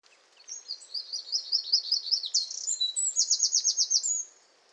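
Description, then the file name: Eurasian wren singing a loud, high-pitched outpouring of fast notes and rattling trills, about four seconds long and ending in a rapid repeated trill. "Troglodytes troglodytes"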